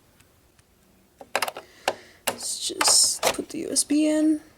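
A USB stick is pushed toward the plastic USB port of a cheap boombox so it can record to it, while someone talks. Sharp plastic handling taps and scraping are heard around 1.4, 1.9 and 2.3 seconds, followed by louder rubbing and rattling. The clip ends before the stick goes home, so nothing has seated or clicked yet.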